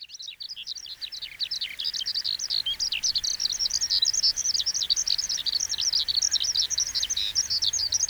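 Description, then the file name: Eurasian skylark singing a brisk, bubbling run of chirps and trills that carries on unbroken throughout. "hibari"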